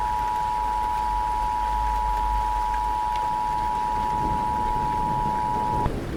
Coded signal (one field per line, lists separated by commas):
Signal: Emergency Alert System (SAME) tones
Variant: 853 and 960 Hz attention tone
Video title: EAS Scenario - The Care Bear Revelation (REMASTERED)